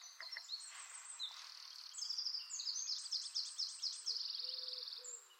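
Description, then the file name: Eurasian wren giving high, rapid, buzzy trills of repeated notes that run on for several seconds over steady background hiss. "Troglodytes troglodytes"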